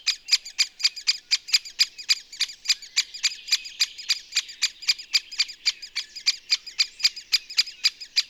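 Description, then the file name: Great spotted woodpecker calls: rapid, sharp, high-pitched notes repeated nearly four times a second in a steady, insistent series. "pic epeiche"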